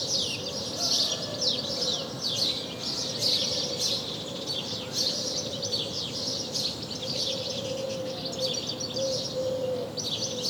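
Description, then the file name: House sparrow chirps, a busy stream of scratchy notes, over a steady low hum and background noise. "Passer domesticus"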